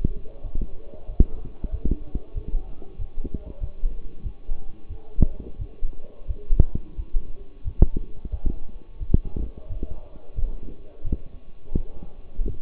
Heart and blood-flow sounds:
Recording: heart sounds by stethoscope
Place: between the tricuspid and mitral areas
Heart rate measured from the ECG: 90 bpm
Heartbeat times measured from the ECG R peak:
0.42 s: heartbeat
1.07 s: heartbeat
1.71 s: heartbeat
2.34 s: heartbeat
2.98 s: heartbeat
3.60 s: heartbeat
4.23 s: heartbeat
4.88 s: heartbeat
5.58 s: heartbeat
6.27 s: heartbeat
6.96 s: heartbeat
7.64 s: heartbeat
8.31 s: heartbeat
8.99 s: heartbeat
9.68 s: heartbeat
10.35 s: heartbeat
11.03 s: heartbeat
11.74 s: heartbeat
12.45 s: heartbeat
From the record:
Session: walking at 3.7 km/h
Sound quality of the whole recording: partially saturated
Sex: male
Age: 24 years

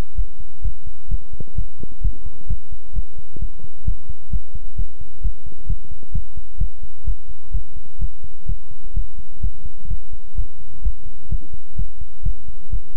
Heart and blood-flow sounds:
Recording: heart sounds by stethoscope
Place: between the tricuspid and mitral areas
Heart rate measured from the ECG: 129 bpm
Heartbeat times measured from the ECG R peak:
0.15 s: heartbeat
0.62 s: heartbeat
1.08 s: heartbeat
1.55 s: heartbeat
2.01 s: heartbeat
2.47 s: heartbeat
2.93 s: heartbeat
3.39 s: heartbeat
3.84 s: heartbeat
4.30 s: heartbeat
4.76 s: heartbeat
5.21 s: heartbeat
5.66 s: heartbeat
6.12 s: heartbeat
6.58 s: heartbeat
7.04 s: heartbeat
7.51 s: heartbeat
7.99 s: heartbeat
8.46 s: heartbeat
8.94 s: heartbeat
9.40 s: heartbeat
9.88 s: heartbeat
10.35 s: heartbeat
10.82 s: heartbeat
11.29 s: heartbeat
11.76 s: heartbeat
12.23 s: heartbeat
12.70 s: heartbeat
From the record:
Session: pedaling a stationary bicycle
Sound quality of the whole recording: good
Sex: male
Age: 24 years

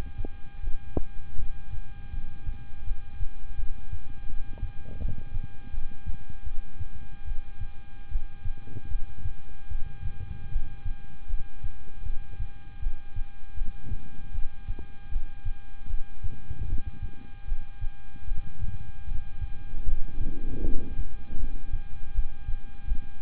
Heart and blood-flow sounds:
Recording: heart sounds by stethoscope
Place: between the tricuspid and mitral areas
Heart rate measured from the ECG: 78 bpm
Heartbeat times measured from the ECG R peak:
0.60 s: heartbeat
1.36 s: heartbeat
2.10 s: heartbeat
2.84 s: heartbeat
3.56 s: heartbeat
4.26 s: heartbeat
4.98 s: heartbeat
5.71 s: heartbeat
6.44 s: heartbeat
7.24 s: heartbeat
8.08 s: heartbeat
8.88 s: heartbeat
9.68 s: heartbeat
10.49 s: heartbeat
11.27 s: heartbeat
12.03 s: heartbeat
12.79 s: heartbeat
13.54 s: heartbeat
14.31 s: heartbeat
15.09 s: heartbeat
15.87 s: heartbeat
16.65 s: heartbeat
17.45 s: heartbeat
18.24 s: heartbeat
19.04 s: heartbeat
19.84 s: heartbeat
20.61 s: heartbeat
21.37 s: heartbeat
22.12 s: heartbeat
22.85 s: heartbeat
From the record:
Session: rest, lying down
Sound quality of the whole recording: good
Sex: male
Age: 26 years

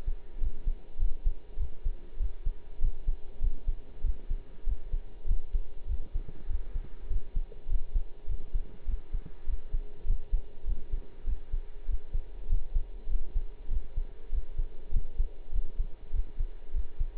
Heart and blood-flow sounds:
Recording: heart sounds by stethoscope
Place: between the tricuspid and mitral areas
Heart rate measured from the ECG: 99 bpm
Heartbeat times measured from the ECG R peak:
0.39 s: heartbeat
0.98 s: heartbeat
1.58 s: heartbeat
2.18 s: heartbeat
2.80 s: heartbeat
3.40 s: heartbeat
4.02 s: heartbeat
4.65 s: heartbeat
5.27 s: heartbeat
5.87 s: heartbeat
6.48 s: heartbeat
7.09 s: heartbeat
7.68 s: heartbeat
8.27 s: heartbeat
8.86 s: heartbeat
9.46 s: heartbeat
10.06 s: heartbeat
10.65 s: heartbeat
11.25 s: heartbeat
11.87 s: heartbeat
12.48 s: heartbeat
13.08 s: heartbeat
13.69 s: heartbeat
14.31 s: heartbeat
14.92 s: heartbeat
15.52 s: heartbeat
16.12 s: heartbeat
16.72 s: heartbeat
From the record:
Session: pedaling a stationary bicycle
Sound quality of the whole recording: partially saturated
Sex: male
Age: 23 years

